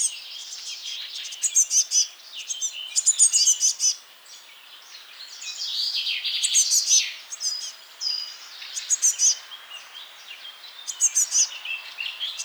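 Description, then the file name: Eurasian blue tit calls, scattered high twittering and short buzzy rattles in clusters separated by quieter stretches. "Cyanistes caeruleus"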